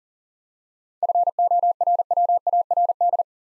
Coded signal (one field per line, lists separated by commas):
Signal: Morse code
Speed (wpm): 42 wpm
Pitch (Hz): 700 Hz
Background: none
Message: FORWARD